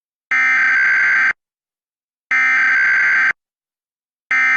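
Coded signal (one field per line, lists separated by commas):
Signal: Emergency Alert System (SAME) tones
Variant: header bursts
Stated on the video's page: Recreation of an EAS test on cable TV interrupting a late-night movie, digital header tones.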